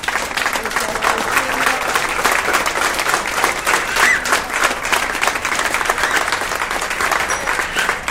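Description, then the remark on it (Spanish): Steady, dense applause from an audience for artist Miguel Red, who made the artwork for the Puertas del Bicentenario programme, with many hands clapping continuously at an even loudness for several seconds without a break. “el artista plástico Miguel Red, que hizo esta obra maravillosa, que le damos un aplauso ya antes.”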